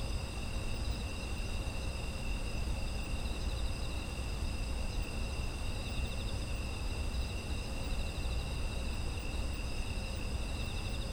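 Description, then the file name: Insects sing an unbroken chorus of shrill trills, some faintly pulsing, set against continuous low-frequency rumbling. Autumn insect ambient sound. "秋の虫の環境音"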